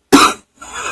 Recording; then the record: coughing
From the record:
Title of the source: 64 coughing, allergies, singing lungs